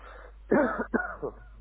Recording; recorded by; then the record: voluntary cough; telephone call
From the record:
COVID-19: positive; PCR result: checked with the laboratory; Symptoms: yes